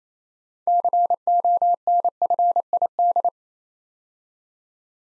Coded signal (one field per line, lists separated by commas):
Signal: Morse code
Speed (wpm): 29 wpm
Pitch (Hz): 700 Hz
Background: none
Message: CONFID